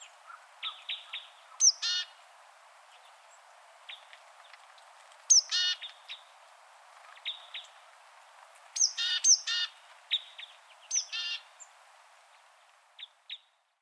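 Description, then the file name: Great tit calling repeatedly, sharp high notes leading into buzzy churring rattles, with softer scattered chips and short tonal notes between the calls. "Parus major"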